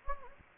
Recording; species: mosquito wingbeat signal from an infrared sensor; Anopheles gambiae